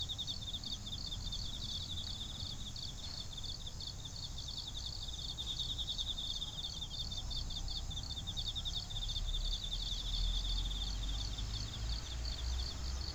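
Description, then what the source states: Animal calls: rapid pulsed high chirps in steady overlapping rows throughout, over constant low rumbling background noise. Recorded 19 September 2019 at Nakayama.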